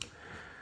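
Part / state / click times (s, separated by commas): thumb safety lever on a 1911 pistol frame / seated / 0.0 s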